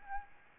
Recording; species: mosquito wingbeat signal from an infrared sensor; Aedes albopictus